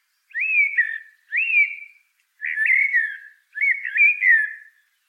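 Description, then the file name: Common blackbird song: four short, mellow whistled phrases, about one per second, each sliding and warbling downward. "Turdus merula"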